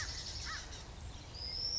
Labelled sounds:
American Crow (Corvus brachyrhynchos)
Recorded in Sonoma County, California

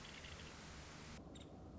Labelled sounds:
Nuttall's Woodpecker (Dryobates nuttallii)
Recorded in Sonoma County, California

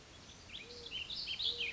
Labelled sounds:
Mourning Dove (Zenaida macroura)
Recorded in Sonoma County, California

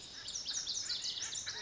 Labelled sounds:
Lazuli Bunting (Passerina amoena)
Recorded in Sonoma County, California

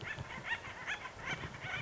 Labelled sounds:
Acorn Woodpecker (Melanerpes formicivorus)
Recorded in Sonoma County, California

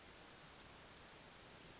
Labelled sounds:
Western Flycatcher (Empidonax difficilis)
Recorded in Sonoma County, California

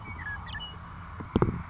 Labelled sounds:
Western Meadowlark (Sturnella neglecta)
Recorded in Sonoma County, California

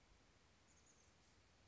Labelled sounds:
Chestnut-backed Chickadee (Poecile rufescens)
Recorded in Sonoma County, California

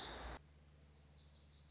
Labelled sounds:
Lazuli Bunting (Passerina amoena)
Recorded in Sonoma County, California

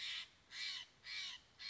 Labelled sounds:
Steller's Jay (Cyanocitta stelleri)
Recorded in Sonoma County, California

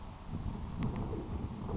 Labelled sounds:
Grasshopper Sparrow (Ammodramus savannarum)
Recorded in Sonoma County, California

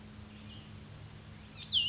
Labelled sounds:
Cassin's Vireo (Vireo cassinii)
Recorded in Sonoma County, California

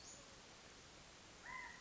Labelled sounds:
California Quail (Callipepla californica)
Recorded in Sonoma County, California

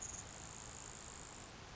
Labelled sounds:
Grasshopper Sparrow (Ammodramus savannarum)
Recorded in Sonoma County, California

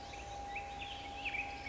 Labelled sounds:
Black-headed Grosbeak (Pheucticus melanocephalus)
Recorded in Sonoma County, California

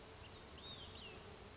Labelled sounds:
Olive-sided Flycatcher (Contopus cooperi)
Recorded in Sonoma County, California

